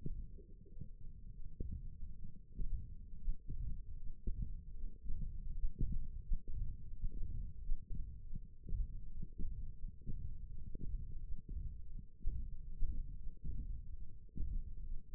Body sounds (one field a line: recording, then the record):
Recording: forearm muscle sounds (acoustic myography)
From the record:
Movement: hand opening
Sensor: system 1, eight BSWA MPA416 microphones around the upper forearm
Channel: 4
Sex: male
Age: 21 years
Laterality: right